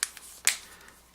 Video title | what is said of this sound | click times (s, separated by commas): Samsung Galaxy s5 Unboxing & Review Part 1 | snaps into place | 0.0 s, 0.5 s